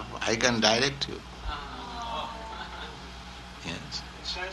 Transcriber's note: exclamations from guests